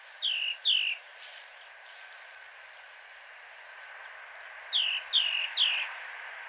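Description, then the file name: Great tit calls, two clear downslurred notes, then brief noise bursts and a quieter gap, then three more descending notes in a quick run. "Parus major"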